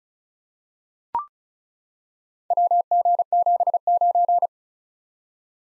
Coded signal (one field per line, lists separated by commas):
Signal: Morse code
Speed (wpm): 36 wpm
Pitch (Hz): 700 Hz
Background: none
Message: WG79